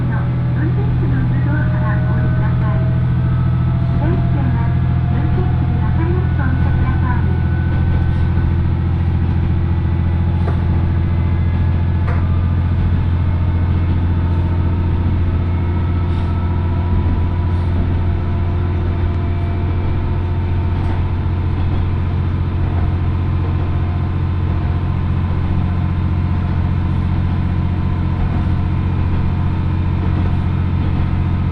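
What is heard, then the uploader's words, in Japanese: Riding the first Oigami Line train out of Itoigawa toward Minami-Otari, a steady low engine drone and rumble fill the whole half minute. Faint rising and falling whine tones drift above it, with occasional soft clicks and thin traces of voices. 耳で楽しむ鉄道旅 大糸線 糸魚川→平岩。糸魚川を出る大糸線の始発列車で南小谷へと向かいます。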